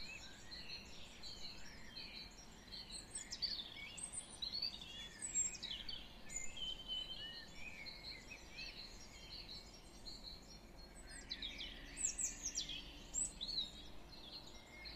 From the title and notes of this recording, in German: Sonnenaufgang. Die Vögel sind schon eine Stunde vorher wach, allerdings im März noch etwas verhalten.